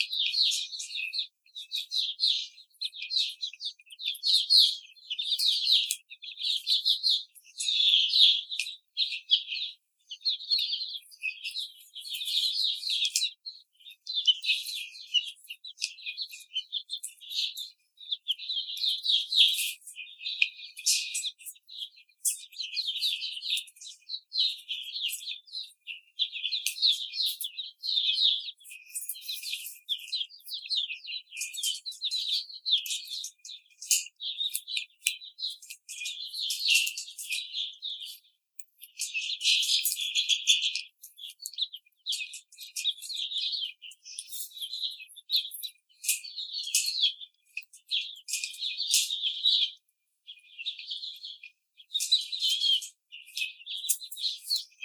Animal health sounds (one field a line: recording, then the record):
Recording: young laying hens in a cage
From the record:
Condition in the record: treatment cage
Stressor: simulated dog barking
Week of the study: 5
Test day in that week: 1